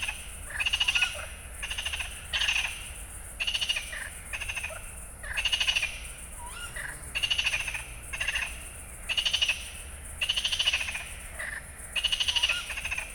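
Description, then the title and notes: Frog chorus of overlapping pulsed trills in short bursts repeated at brief intervals, over a constant high hiss of insects. Night recording at the Gourgues pond, Fenouillet, France; endless amphibian chorus with insect stridulation; recorded with USI Pro AB microphones and a Zoom F8. "Allée des Ramiers, 31150 Fenouillet, France - Une nuit à lécoute de létang des Gourgues #2. Ambiance éminement nocturne entre stridulations d'insectes et cris de chouette (épeiche ?) et bien entendu concert interminable de batraciens"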